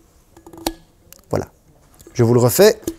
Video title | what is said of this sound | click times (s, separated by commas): Cafetière à Dépression Kitchenaid Artisan 5KCM0812 | Donc vous venez poser dedans et vous allez entendre un petit clic. Voilà. | 0.7 s